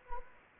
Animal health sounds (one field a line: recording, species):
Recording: mosquito wingbeat signal from an infrared sensor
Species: Anopheles gambiae